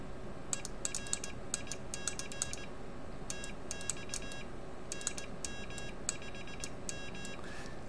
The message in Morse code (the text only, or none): ERIC TX NM5M